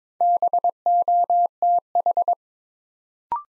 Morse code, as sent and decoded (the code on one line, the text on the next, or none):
-... --- - ....
BOTH